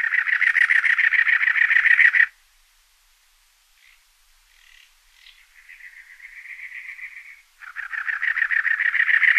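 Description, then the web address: Cactus wren giving harsh, rapid churring rattles, a loud two-second burst, a softer grating stretch, then another loud rattle. "Songs of Birds of North America Stokes. Cactus Wren"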